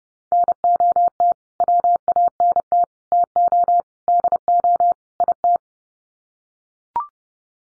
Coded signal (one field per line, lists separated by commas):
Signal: Morse code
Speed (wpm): 30 wpm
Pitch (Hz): 700 Hz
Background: none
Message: NOT WANT TO DO IT